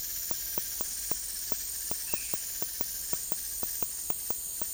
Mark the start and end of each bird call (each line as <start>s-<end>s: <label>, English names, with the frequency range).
2.01s-2.45s: Violaceous Jay (1.6-3.1 kHz)